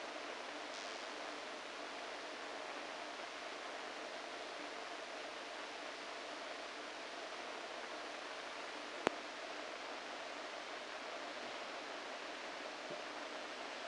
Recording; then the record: brain microelectrode recording played as sound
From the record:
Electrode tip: inside the subthalamic nucleus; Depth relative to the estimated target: -2 mm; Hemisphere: right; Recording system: NeuroSet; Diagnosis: Parkinson's disease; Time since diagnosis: 14 years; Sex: male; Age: 51 years